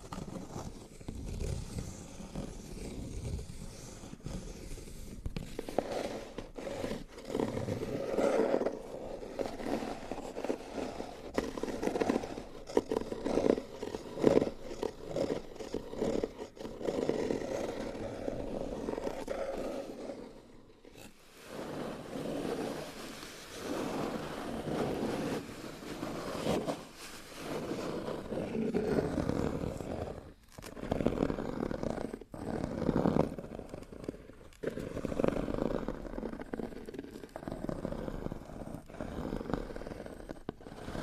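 Scratching and rubbing on cardboard boxes, a dense continuous scraping with a brief pause near twenty seconds, then rougher strokes resuming.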